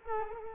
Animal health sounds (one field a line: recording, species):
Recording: mosquito wingbeat signal from an infrared sensor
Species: Culex quinquefasciatus